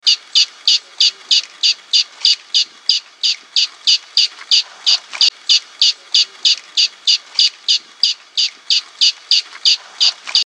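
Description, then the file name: Barbary ground squirrel calls: sharp high chirps repeated steadily about three times a second for over ten seconds, even in pitch and loudness, with no other clear sounds. Fuerteventura. "Ardilla de Fuerteventura"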